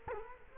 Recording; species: mosquito wingbeat signal from an infrared sensor; Culex quinquefasciatus